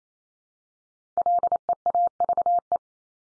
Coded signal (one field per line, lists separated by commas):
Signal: Morse code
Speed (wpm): 28 wpm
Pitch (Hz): 700 Hz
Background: none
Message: LEAVE